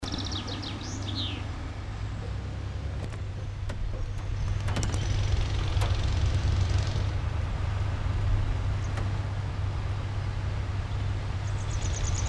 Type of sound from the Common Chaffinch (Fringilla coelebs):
song